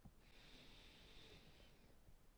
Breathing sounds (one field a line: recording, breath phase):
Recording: one breath near a microphone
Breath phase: inhalation